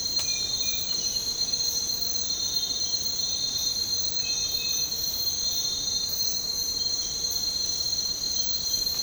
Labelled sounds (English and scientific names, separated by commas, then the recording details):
none
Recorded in dense forest near Puerto Asís, Putumayo, Colombia, on 13 March 2025 at 05:30
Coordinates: 0.467, -76.328
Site G041